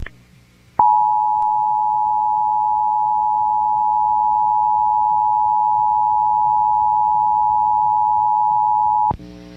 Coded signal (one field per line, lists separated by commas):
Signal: Emergency Alert System (SAME) tones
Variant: 853 and 960 Hz attention tone